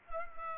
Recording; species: mosquito wingbeat signal from an infrared sensor; Culex pipiens